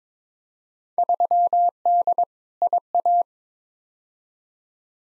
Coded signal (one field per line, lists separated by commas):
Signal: Morse code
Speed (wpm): 21 wpm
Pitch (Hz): 700 Hz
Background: none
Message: 3D IA